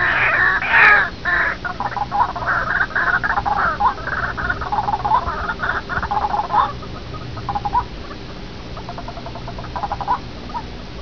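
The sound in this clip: White-breasted waterhen giving harsh, croaking calls in rapid bursts, a loud raucous run that breaks into stuttering, quieter repeated notes toward the end.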